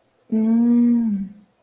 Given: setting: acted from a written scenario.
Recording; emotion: vocal sound without words; interest